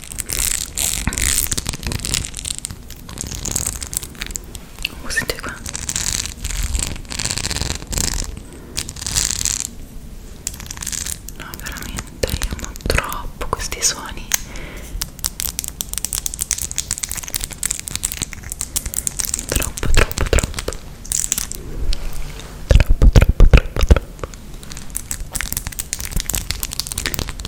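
Very long fingernails scratch, tap and crinkle, a dense, bright, restless texture with louder bursts near twenty-three seconds.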